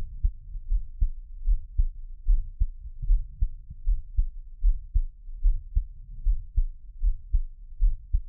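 Steady, soft low thumps of an adult's own heartbeat at about 76 beats per minute, heard close up as Taiwanese ASMR.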